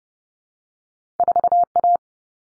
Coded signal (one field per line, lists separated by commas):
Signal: Morse code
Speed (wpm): 30 wpm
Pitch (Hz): 700 Hz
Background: none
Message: 4A